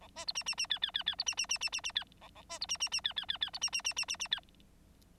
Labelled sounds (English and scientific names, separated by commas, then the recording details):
Bengalese Finch (Lonchura striata domestica) song
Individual Bird9